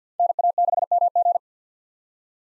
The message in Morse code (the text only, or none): NA6MG